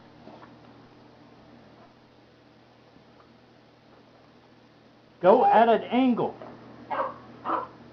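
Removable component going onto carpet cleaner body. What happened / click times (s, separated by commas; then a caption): Plastic part lined up on the machine body, not yet seated / none. A plastic component is lined up at an angle so its holes match the holes on the body of a Hoover Max Extract carpet cleaner before being pushed straight back. A quiet stretch carries a faint tick near 0.4 s, then someone talks from about 5.2 s. Nothing has seated or clicked yet.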